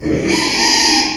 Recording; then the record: squeal of a Yucatan mini pig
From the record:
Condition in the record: after surgery on the right vocal fold (resection and tissue-engineered implant); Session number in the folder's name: 2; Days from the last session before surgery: 13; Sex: male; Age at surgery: 12 weeks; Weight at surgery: 13 kg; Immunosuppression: cyclosporine, prednisolone